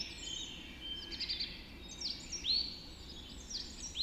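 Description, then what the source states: Birds (dawn chorus): several sharp rising whistles among softer twitters, over low steady noise. Dawn chorus recorded just after dawn in the Forest of Dean.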